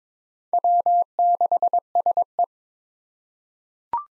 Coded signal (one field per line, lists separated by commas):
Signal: Morse code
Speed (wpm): 22 wpm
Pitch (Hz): 700 Hz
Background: none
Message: W6SE